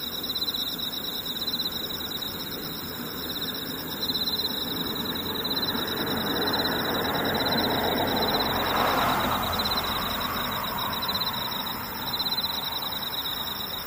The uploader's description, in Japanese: ムシ